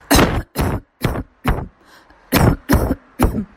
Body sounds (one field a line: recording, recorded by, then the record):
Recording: voluntary cough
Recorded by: messaging app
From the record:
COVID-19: negative